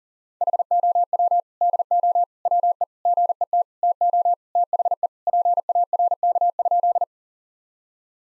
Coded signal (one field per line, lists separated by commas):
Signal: Morse code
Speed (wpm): 40 wpm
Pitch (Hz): 700 Hz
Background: none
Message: HOW DO WE GET TO THE PARK?